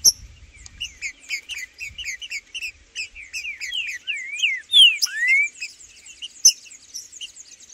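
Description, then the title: Green-winged saltator: loud sweeping whistles, one falling and one rising, amid many repeated short chirps. Trinca-ferro in the bush singing and 'macheando' (male display) a lot with a free wild bird; birds named Blindado and Tufão in the bush. "Trinca Ferro no MATO Cantando e Macheando muito com Solto! Blindado e Tufão no mato"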